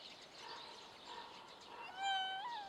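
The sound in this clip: Raccoon call: after a soft, noisy start, one clear mewing note with strong harmonics holds steady, then lifts upward at the very end.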